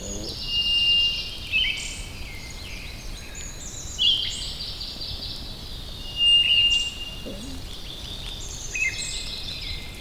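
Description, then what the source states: White's thrush song: a few drawn-out monotone whistles, with a dense background of chattering songbirds. Recorded at Wuying, Heilongjiang, China.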